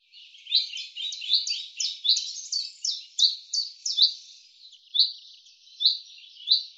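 Common chaffinch song phrases, a dense cascade of descending notes followed by slower spaced sharp notes, clean quiet background.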